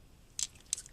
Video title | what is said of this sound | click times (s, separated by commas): Transformers Generations Asia GDO Toys R Us Exclusive Wheelie Review | kind of difficult there we go i kind of just moved that up and then put it on and then locked down like that | 0.7 s